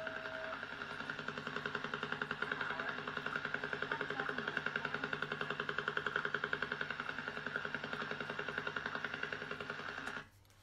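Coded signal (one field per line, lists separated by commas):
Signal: radar signal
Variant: Russian Woodpecker, 10 Hz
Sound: rapid steady tapping, about ten knocks per second, over humming tones, then sudden silence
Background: radio static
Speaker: giving it the nickname Russian woodpecker due to the high-pitched repetitive tapping noise the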